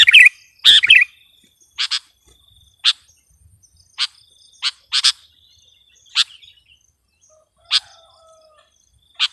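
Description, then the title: Sooty-headed bulbul opens with loud bubbly warbled notes, then gives sharp chips at irregular intervals. "kutilang"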